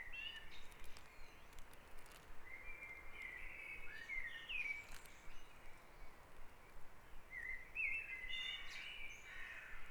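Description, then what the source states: Birds calling in the morning, slurred notes in loose clusters, some rising sharply, with quiet stretches between and a low hum throughout. Dawn chorus on Back Dragon Avenue, Harrogate; part of the Sound Map of Harrogate.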